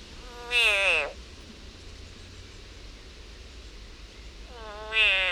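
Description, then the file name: Frog in distress giving a drawn-out, buzzy wail that slides downward, then a second scream begins about four seconds later, with low background hiss between. Frog in agony. "Yannick Dauby agony of a frog"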